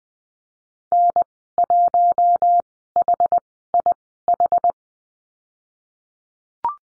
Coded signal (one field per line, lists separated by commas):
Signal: Morse code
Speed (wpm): 20 wpm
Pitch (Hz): 700 Hz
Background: none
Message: N1HIH